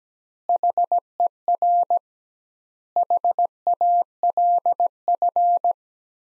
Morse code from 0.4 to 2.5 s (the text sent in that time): HER